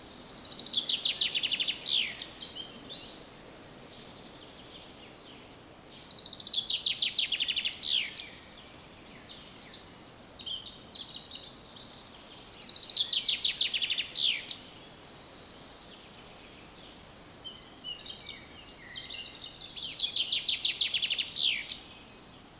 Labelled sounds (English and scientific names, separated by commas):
Eurasian Wren (Troglodytes troglodytes)